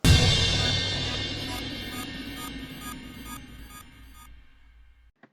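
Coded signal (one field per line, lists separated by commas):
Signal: none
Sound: intro music jingle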